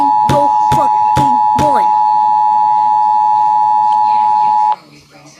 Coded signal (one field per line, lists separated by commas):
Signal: Emergency Alert System (SAME) tones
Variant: 853 and 960 Hz attention tone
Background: speech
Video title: ￼kayden ￼ react to EAS Scenario￼ scp 9143 Also known￼￼ clayranger143